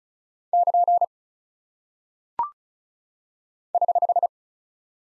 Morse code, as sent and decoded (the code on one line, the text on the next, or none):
-.--. / ........
<KN> <HH>